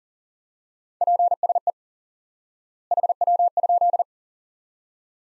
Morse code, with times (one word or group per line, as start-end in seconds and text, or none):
1.0-1.7 PSE
2.9-4.0 HW?